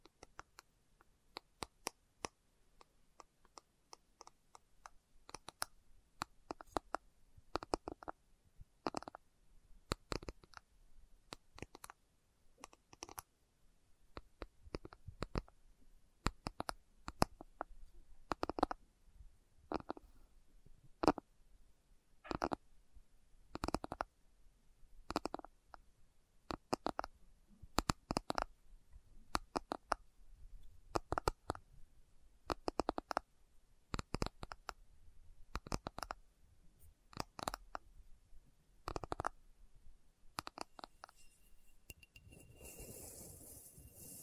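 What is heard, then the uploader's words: Slow, unhurried tapping: sharp dry taps about one or two per second, uneven in spacing, ending in a brief rustling scrape. ASMR Slow Tapping for Deep Sleep (No Talking).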